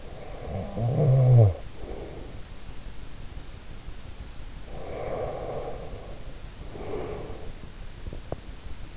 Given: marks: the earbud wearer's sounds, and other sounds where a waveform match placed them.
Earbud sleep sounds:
sounds in sleep by an in-ear microphone; snoring breath, breath
0.00-2.40 s: snoring breath
4.62-7.54 s: breath

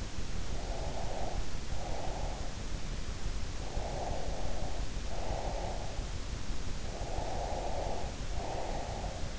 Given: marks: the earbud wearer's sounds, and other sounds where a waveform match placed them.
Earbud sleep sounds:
sounds in sleep by an in-ear microphone; breath
0.61-2.55 s: breath
3.71-6.10 s: breath
6.94-9.39 s: breath

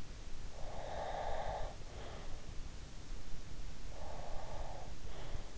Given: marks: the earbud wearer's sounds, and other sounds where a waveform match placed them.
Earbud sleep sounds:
sounds in sleep by an in-ear microphone; breath
0.41-2.31 s: breath
4.00-5.52 s: breath

